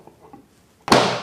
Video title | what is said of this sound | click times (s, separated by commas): Acuity Brands Juno 4RLS Basics Series Surface Mount LED Fixture Install | Push that in. You can hear that snap. | 0.9 s